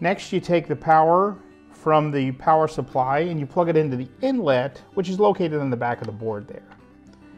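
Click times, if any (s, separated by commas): none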